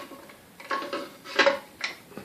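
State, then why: Seated. A restored KitchenAid K5-A stand mixer's metal bowl-lift arm is raised smoothly with no effort, giving a few soft metallic clanks and rattles. It locks into its detent with the loudest metallic click at 1.8 s.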